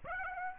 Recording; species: mosquito wingbeat signal from an infrared sensor; Aedes aegypti